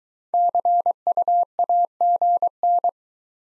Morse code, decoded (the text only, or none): CU AGN